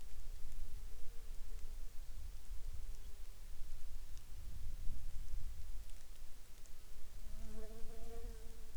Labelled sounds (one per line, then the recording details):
bird
rain
insects
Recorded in the Arctic National Wildlife Refuge, Alaska, on 19 July 2019 at 02:59
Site 48